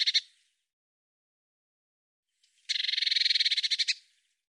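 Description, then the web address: Eurasian blue tit scolding: a brief buzzy fragment, a pause of over two seconds, then a rapid, pulsed churring rattle lasting just over a second. "Deverinetal"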